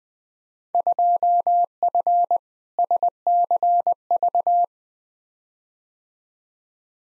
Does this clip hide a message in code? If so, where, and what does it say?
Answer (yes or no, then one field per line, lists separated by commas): yes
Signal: Morse code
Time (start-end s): 0.7-4.6 s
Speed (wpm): 20 wpm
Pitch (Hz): 700 Hz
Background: none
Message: 2F SCV